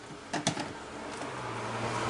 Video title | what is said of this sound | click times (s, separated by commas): Clean HEPA Filter In Vacuum | Snaps back in. | 0.5 s